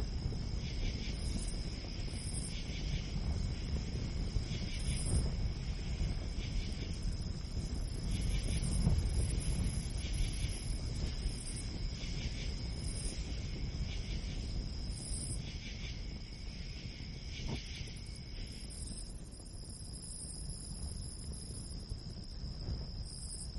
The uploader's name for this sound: Set up a tent in the pine forest to listen to the wind